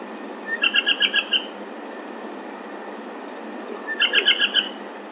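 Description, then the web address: Bird calls in two short bursts of several rapid, evenly spaced chirping notes, the first near half a second in and the second near four seconds, over steady background hiss. Recorded 25 May 2024. "ozbirds. paleros"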